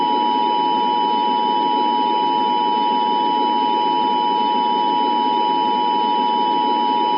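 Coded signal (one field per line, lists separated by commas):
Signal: Emergency Alert System (SAME) tones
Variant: 853 and 960 Hz attention tone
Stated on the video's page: Fictional EAS simulation of a nationwide blackout, using altered rather than actual header tones to avoid triggering receivers.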